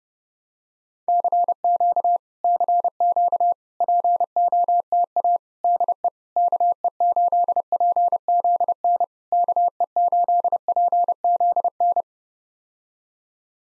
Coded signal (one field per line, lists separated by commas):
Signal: Morse code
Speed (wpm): 30 wpm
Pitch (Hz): 700 Hz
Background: none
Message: CQ CQ POTA DE KE8PZN KE8PZN